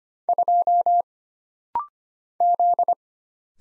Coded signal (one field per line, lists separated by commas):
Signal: Morse code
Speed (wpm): 25 wpm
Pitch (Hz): 700 Hz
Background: none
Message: 2 Z